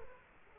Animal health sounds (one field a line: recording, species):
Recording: mosquito wingbeat signal from an infrared sensor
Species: Culex quinquefasciatus